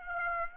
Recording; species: mosquito wingbeat signal from an infrared sensor; Aedes aegypti